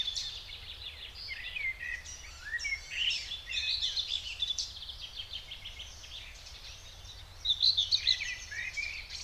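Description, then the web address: Common whitethroat song, scratchy high chattering phrases, with a brighter burst near the end over steady background hiss. Recorded in the Spreewald. "ornithologie dorngrasmuecke 2 m 08 St We Spreewald"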